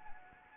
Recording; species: mosquito wingbeat signal from an infrared sensor; Anopheles arabiensis